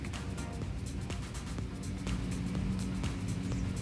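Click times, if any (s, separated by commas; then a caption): none. A fuel gauge sender plug is lined up and handled at its connector on a 2006 Scion xB fuel pump, with short handling knocks over steady low background sound. Nothing has seated or clicked yet.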